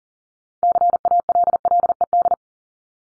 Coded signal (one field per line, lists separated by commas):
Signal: Morse code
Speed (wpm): 38 wpm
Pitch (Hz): 700 Hz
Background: none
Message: CALLED